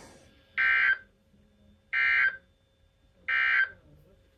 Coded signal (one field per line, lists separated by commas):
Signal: Emergency Alert System (SAME) tones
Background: speech